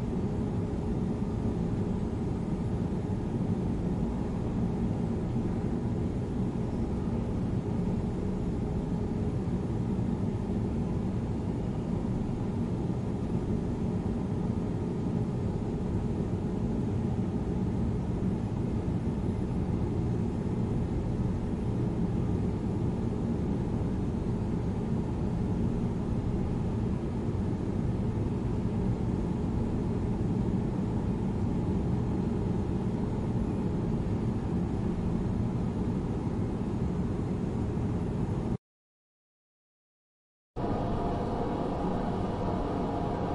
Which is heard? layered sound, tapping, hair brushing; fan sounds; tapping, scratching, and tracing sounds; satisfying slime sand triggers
fan sounds